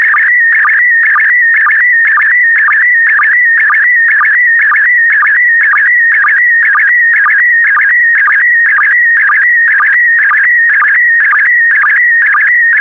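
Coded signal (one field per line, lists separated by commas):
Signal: SSTV (slow-scan television)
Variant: PD120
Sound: warbling whistle around 2 kHz with a short low chirp about twice a second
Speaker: complete. You can now check your decoded image against the picture that is shown on the video.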